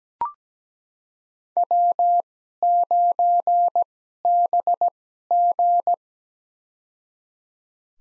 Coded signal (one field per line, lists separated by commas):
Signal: Morse code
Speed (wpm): 17 wpm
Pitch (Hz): 700 Hz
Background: none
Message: W9BG